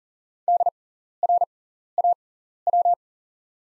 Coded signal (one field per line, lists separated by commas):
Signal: Morse code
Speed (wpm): 38 wpm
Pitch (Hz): 700 Hz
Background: none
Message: DRAW